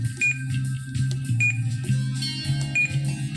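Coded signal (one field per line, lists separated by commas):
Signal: none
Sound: radio button beeps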